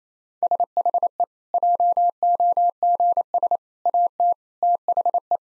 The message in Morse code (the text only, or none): SHE JOGS AT THE